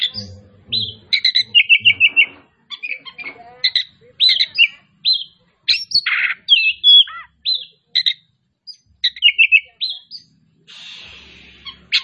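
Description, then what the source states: Oriental magpie-robin song with repeated whistled phrases, buzzy notes and sharp chirps in bursts separated by brief silences. Kacer Tretes, described as gacor (singing vigorously).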